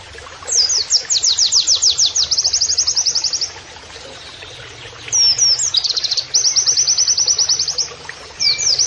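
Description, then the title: White-eye singing two long, fast rattling trills of high repeated notes, the second opening with a few looping whistles. Pleci masteran training audio, song style shooting canary-like phrases. "Pleci Gacor. MASTERAN PLECI NEMBAK KENARIAN"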